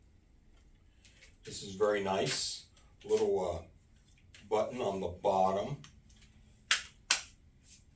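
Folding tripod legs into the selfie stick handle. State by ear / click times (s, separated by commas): seated / 6.7 s, 7.1 s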